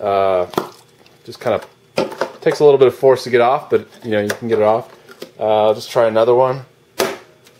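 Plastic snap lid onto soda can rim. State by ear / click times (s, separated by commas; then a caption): seated / 7.0 s. Someone talks while a plastic bottle-top lid is pressed onto the rim of a soda can. A sharp snap is heard at 7.0 s as the lid seats on the can.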